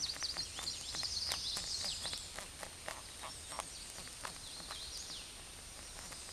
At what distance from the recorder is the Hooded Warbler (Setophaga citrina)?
about 60 m